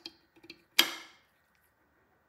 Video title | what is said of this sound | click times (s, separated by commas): Installing the Camera inside the Anglerfish BGH1 Remote Underwater Housing | you can hear the clicking sound indicating that the fixture plate is engaged with the locking mechanism | 0.8 s